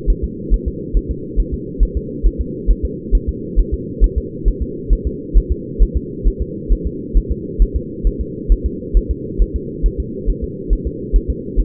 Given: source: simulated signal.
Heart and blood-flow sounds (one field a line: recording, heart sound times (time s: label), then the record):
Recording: fetal heart sounds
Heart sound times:
0.10 s: S1
0.24 s: S2
0.54 s: S1
0.68 s: S2
0.97 s: S1
1.11 s: S2
1.40 s: S1
1.54 s: S2
1.83 s: S1
1.97 s: S2
2.26 s: S1
2.41 s: S2
2.71 s: S1
2.85 s: S2
3.15 s: S1
3.29 s: S2
3.59 s: S1
3.74 s: S2
4.04 s: S1
4.18 s: S2
4.48 s: S1
4.62 s: S2
4.93 s: S1
5.07 s: S2
5.38 s: S1
5.52 s: S2
5.82 s: S1
5.97 s: S2
6.27 s: S1
6.42 s: S2
6.72 s: S1
6.87 s: S2
7.17 s: S1
7.31 s: S2
7.62 s: S1
7.76 s: S2
8.07 s: S1
8.21 s: S2
8.52 s: S1
8.66 s: S2
8.97 s: S1
9.11 s: S2
9.42 s: S1
9.56 s: S2
9.86 s: S1
10.00 s: S2
10.29 s: S1
10.44 s: S2
10.73 s: S1
10.87 s: S2
11.16 s: S1
11.30 s: S2
11.60 s: S1
From the record:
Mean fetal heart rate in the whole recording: 135 bpm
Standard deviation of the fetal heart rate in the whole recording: 3 bpm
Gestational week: 36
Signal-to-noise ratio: -4.1 dB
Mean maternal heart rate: no maternal heart sound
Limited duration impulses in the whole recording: absent